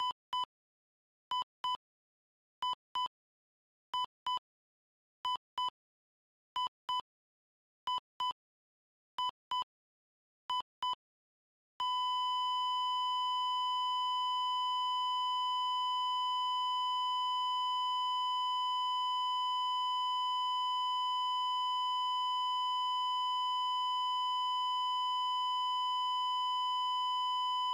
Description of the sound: Medical Heart Monitor Flatline.